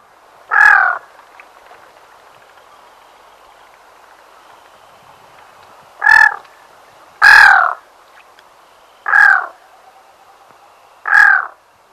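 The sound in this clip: Black-throated loon uttering short rasping croaks, five calls in twelve seconds, a long pause after the first, then notes coming irregularly every one to two seconds.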